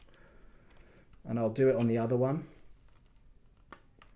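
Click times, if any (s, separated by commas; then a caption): none. A rail insert is pressed into the handguard slot of an airsoft rifle on its second side. Someone talks briefly, and a few faint, sharp taps follow. Nothing has clicked in, and the insert is left loose.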